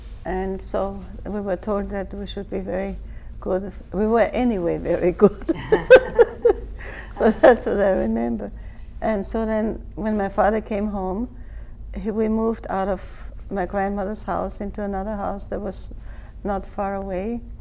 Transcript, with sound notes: And so we were told that we should be very good. We were anyway very good! [Laughs] But that's what I remember. And so then, when my father came home, we moved out of my grandmother's house into another house that was not far away.